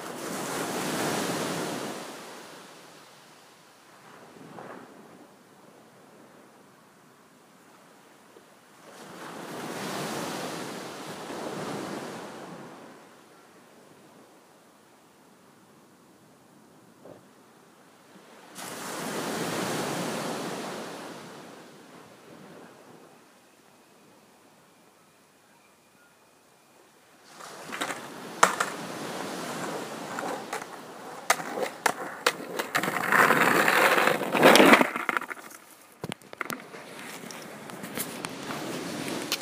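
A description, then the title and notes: Waves break on the shore in slow swells, each rising and fading over a few seconds, at about 0, 10 and 20 seconds with quiet lulls between. From around 27 seconds a denser, rougher clattering takes over, loud and busy until the end, with sharp rattles near 34 seconds. It was cold and dark early on a Sunday morning. Calming sounds of waves breaking on the shore.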